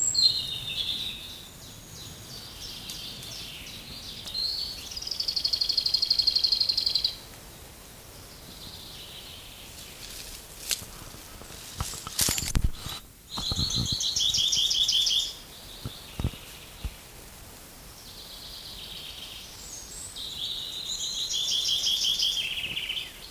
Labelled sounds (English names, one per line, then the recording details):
Common Chaffinch
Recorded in the wild
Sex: male
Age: adult
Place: Mühlenbecker See, Brandenburg, DE
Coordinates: 52.6897, 13.395
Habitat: lake
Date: 1983-07-02 12:05
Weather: sunny, 16-20 °C
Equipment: Nagra SN, Kopie Uher 4000 Monitor Report
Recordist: Tembrock, Günter